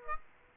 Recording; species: mosquito wingbeat signal from an infrared sensor; Aedes aegypti